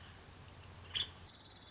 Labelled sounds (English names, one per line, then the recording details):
Nuttall's Woodpecker
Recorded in Sonoma County, California